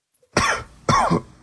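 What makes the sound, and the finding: Cough.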